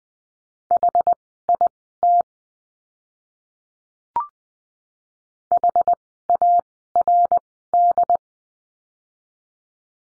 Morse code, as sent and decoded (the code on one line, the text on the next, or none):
.... .. - / .... .- .-. -..
HIT HARD